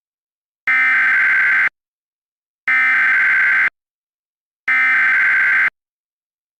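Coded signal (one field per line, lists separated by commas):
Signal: Emergency Alert System (SAME) tones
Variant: header bursts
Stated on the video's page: Fictional EAS alert.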